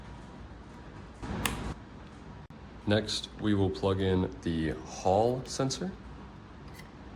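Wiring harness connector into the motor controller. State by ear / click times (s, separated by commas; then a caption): seated / 1.5 s. The plastic connector on the in1 wire of the wiring harness is pushed into its socket on a Nucular P24F motor controller for a Talaria XXX X3, clicking into place at 1.5 s to confirm it is seated. Someone then talks over a low background hiss.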